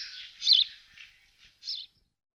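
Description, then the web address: Sparrow chirps, a few short high chirps in several brief bursts with pauses between, otherwise quiet. "Voegel Spatz"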